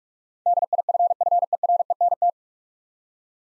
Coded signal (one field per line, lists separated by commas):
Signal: Morse code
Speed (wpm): 46 wpm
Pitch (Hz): 700 Hz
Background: none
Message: DIFFERENT